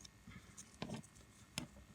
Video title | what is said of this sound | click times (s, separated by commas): Easy How To Replace Toyota Ignition Key Casing. #toyota #key #repair #celica #keys | Then that clips in there like that. Nice little click. | 1.6 s